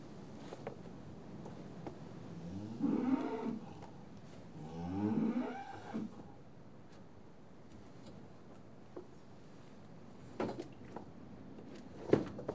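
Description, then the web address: Cattle lowing, two hoarse moos in the middle, followed by knocks and clanks in a quiet yard. Cattle in a yard after TB testing. "BBC Sound Effects Library Livestock Cattle TB Tested In Yard"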